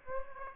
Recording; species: mosquito wingbeat signal from an infrared sensor; Aedes aegypti